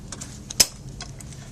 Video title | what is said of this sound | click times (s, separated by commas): How to assemble a Graco Lovin' Hug® Infant Swing | there we go and it clicks | 0.6 s